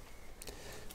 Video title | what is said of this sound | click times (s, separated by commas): VW Touran Golf Jetta Rear Door Window | if I push it into place you'll hear it click | 0.4 s, 0.5 s